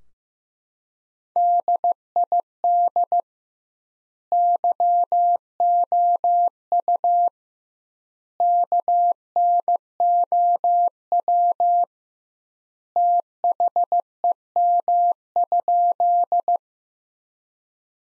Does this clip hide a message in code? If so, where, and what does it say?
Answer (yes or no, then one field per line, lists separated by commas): yes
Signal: Morse code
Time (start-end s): 1.4-16.6 s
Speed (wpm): 16 wpm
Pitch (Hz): 700 Hz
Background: none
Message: DID YOU KNOW THEM?